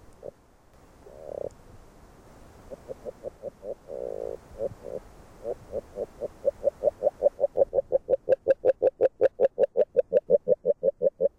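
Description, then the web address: Agile frog calling: a few soft grunts, then short knocking notes at a steady pitch that grow louder into a rapid, even series. "Fotoim Hangok Rana dalmatina"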